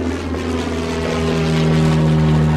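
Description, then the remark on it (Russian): A large propeller aircraft, a Messerschmitt 264 or Heinkel 177, roars as it takes off from a Luftwaffe airfield near Oslo, its engines producing a loud, steady, low droning hum with a broad rushing noise that swells slightly over a few seconds. “С нового аэродрома Люфтваффе под Осло каждый день взлетали огромные Мессершмитты 264 и Хенкели 177, направлявшиеся в район арктической базы.”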